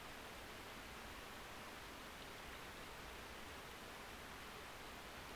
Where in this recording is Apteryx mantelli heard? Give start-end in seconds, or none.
none